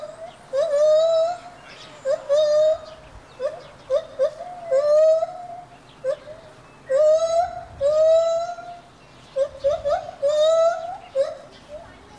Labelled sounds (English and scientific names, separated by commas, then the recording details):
Lar Gibbon (Hylobates lar)
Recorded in captivity
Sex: diverse
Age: diverse
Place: Tierpark Berlin, Berlin, DE
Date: 1983-01-23
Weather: bedeckt, böiger Wind, 4 °C
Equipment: Nagra SN, Sennheiser MKH 416 T (Automatik), Kopie Uher 4000 Report Monitor
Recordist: Tembrock, Günter